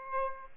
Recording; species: mosquito wingbeat signal from an infrared sensor; Aedes aegypti